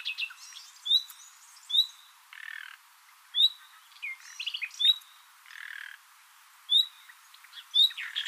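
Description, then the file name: Common nightingale singing short phrases of bright upslurred whistles, separated by harsh buzzy churrs and brief pauses. "Luscinia megarhynchos"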